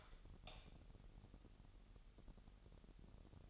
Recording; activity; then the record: daily activity, microphone in the room; light on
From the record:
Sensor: 4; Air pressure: 989.1 hPa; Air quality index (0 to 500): 216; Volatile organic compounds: 68 ppm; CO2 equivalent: 3503 ppm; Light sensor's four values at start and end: 25/80/30/30 and 28/92/34/36